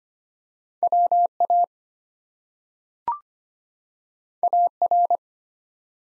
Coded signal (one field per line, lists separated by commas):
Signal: Morse code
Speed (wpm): 25 wpm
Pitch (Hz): 700 Hz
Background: none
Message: WA AR